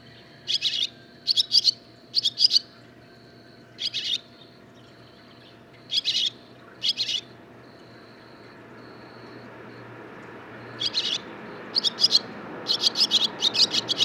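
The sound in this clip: Barn swallow song of bright chirps spaced about a second apart with a faint steady tone between, becoming denser and faster near the end.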